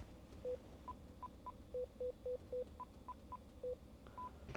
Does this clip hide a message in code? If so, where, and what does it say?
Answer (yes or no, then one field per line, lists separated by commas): no